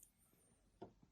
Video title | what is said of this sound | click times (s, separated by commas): Build the Eleanor Mustang from Gone in 60 seconds from Fanhome issues 1 - 2 | push and it should click in | 0.8 s